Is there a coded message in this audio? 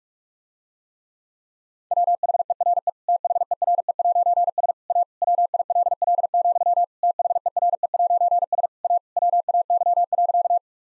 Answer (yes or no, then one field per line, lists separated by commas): yes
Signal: Morse code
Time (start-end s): 1.9-10.6 s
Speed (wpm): 46 wpm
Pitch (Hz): 700 Hz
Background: none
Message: WHERE THERE'S A WILL, THERE'S A WAY.